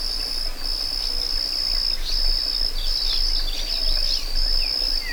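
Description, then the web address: Cricket chirping: a steady high-pitched trill that runs almost unbroken, pausing briefly a few times, with faint bird calls beneath. Meadow ambience with birds and crickets. "Dr Sound Effects. A Meadow With Birds and Crickets"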